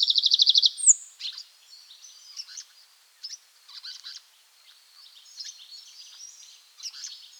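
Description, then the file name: Bird giving a quick burst of high repeated notes at the start, then scattered thin chirps and faint twittering through the rest. "Vogel. Stanislaw Wroza"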